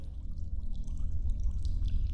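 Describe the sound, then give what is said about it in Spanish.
Water splashing and sloshing in a well outside a house, a steady churning wash with a heavy low rumble and brief brighter spatters, holding at an even loudness for about two seconds with no voices. “Se produjo otro ruido fuera de la casa, una especie de chapoteo en el agua. Debió de haber sido en el pozo.”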